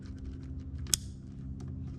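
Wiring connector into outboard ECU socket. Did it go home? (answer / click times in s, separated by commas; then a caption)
yes / 0.9 s. An ECU wiring connector is pushed straight into its socket on the ECU of a 4.2L Yamaha 225/250/300 HP outboard motor, kept straight so no pins bend. A sharp, loud click at 0.9 s stands out over a steady low hum and faint rustling, and the connector is seated.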